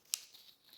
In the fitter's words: and then that's a solid click.